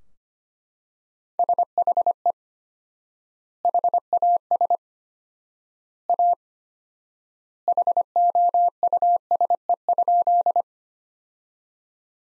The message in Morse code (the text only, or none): SHE HAS A HOUSE?